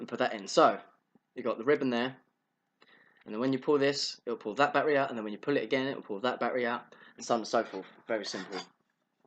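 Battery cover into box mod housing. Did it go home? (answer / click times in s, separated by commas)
no / none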